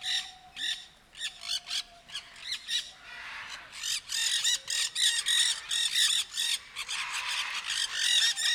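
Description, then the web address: Sulphur-crested cockatoo squawking harshly in quick repeated bursts, about three each second, at first over a faint steady tone. Captive bird at Nyíregyháza Zoo, recorded in 2019 with a professional recorder left beside it. "allathangok nyiregyhazizoo 2019 professzionalis sargabobitas kakadu otthagytukafelvevot nyiregyhaza"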